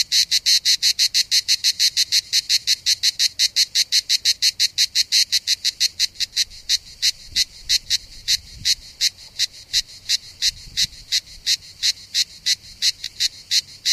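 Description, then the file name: Cicada song as a fast, even train of buzzy pulses, easing slightly in loudness toward the end. Recorded 3 September 2009, around 07:33 in the morning. "Enregistrement Cigales"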